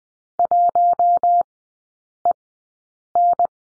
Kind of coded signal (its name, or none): Morse code